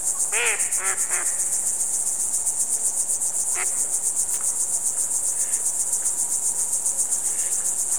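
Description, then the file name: High, rapid cricket chirping throughout, joined near the start by a short run of stacked harmonic notes and later a brief call. "ducks frogs crickets"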